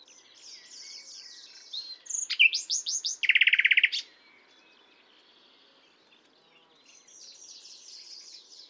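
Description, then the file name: Common nightingale song: quiet fluttery notes, then loud whistles leading into a very rapid, even, rattling trill lasting about a second. "Luscinia megarhynchos"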